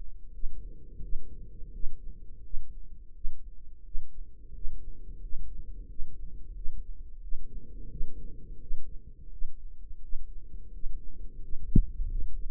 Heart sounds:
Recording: heart sounds by microphone in the right ear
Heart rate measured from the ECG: 87 bpm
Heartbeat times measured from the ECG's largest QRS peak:
0.31 s: heartbeat
1.00 s: heartbeat
1.71 s: heartbeat
2.41 s: heartbeat
3.12 s: heartbeat
3.82 s: heartbeat
4.51 s: heartbeat
5.19 s: heartbeat
5.86 s: heartbeat
6.53 s: heartbeat
7.20 s: heartbeat
7.88 s: heartbeat
8.58 s: heartbeat
9.29 s: heartbeat
9.99 s: heartbeat
10.70 s: heartbeat
11.39 s: heartbeat
12.07 s: heartbeat
From the record:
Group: healthy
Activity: rest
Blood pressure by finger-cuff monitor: 114/73 mmHg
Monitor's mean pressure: 88 mmHg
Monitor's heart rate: 86 bpm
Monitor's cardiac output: 7.4 L/min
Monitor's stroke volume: 85 mL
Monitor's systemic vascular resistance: 840 dyn s/cm5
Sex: male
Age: 33 years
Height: 179 cm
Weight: 80.4 kg

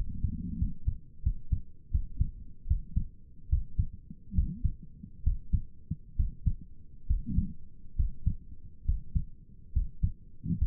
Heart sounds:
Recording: heart sounds by stethoscope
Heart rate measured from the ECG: 72 bpm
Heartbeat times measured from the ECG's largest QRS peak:
0.59 s: heartbeat
1.24 s: heartbeat
1.92 s: heartbeat
2.68 s: heartbeat
3.50 s: heartbeat
4.36 s: heartbeat
5.25 s: heartbeat
6.17 s: heartbeat
7.08 s: heartbeat
7.97 s: heartbeat
8.86 s: heartbeat
9.74 s: heartbeat
10.59 s: heartbeat
From the record:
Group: healthy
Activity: Valsalva maneuver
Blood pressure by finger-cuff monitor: 106/66 mmHg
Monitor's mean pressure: 79 mmHg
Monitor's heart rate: 70 bpm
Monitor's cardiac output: 5.9 L/min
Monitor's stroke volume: 81 mL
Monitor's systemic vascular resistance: 960 dyn s/cm5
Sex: male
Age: 22 years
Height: 181 cm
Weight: 79 kg

